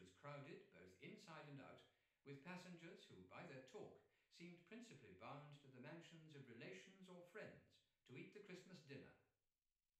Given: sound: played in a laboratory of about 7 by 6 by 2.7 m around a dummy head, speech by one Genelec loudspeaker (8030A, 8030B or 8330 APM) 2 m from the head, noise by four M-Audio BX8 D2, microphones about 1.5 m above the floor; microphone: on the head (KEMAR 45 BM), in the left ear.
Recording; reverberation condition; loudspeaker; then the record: male speech in English; medium; behind (180 degrees)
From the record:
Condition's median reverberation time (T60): about 510 ms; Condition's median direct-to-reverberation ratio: about -0.5 dB